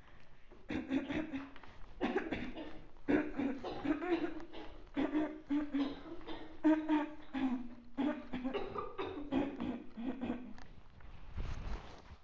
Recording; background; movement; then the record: throat clearing; a bystander coughing; walking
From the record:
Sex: female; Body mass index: 36.4 kg/m2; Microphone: on the chest, facing outward